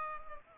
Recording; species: mosquito wingbeat signal from an infrared sensor; Culex pipiens